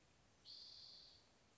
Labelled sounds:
Spotted Towhee

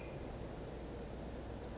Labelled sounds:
Western Flycatcher

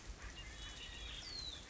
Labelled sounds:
Red-winged Blackbird

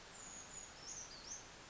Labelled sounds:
Brown Creeper

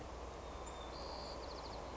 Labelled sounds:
White-crowned Sparrow

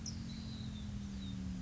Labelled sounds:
California Towhee

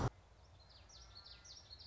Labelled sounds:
Common Yellowthroat

